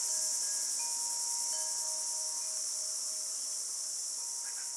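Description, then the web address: Crickets keep up a high, even buzzing chorus while clear ringing chime notes sound and fade underneath, plus a couple of faint bird chirps. Australian bush, morning, with tropical birds. "Australian Nature Sounds - Crickets Tropical Birds Morning Birds Bird Calls"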